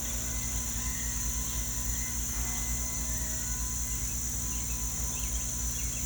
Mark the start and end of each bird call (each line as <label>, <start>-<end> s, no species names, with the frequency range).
bird call (1.9-4.0 kHz), 5.11-5.31 s
bird call (1.8-4.0 kHz), 5.72-6.05 s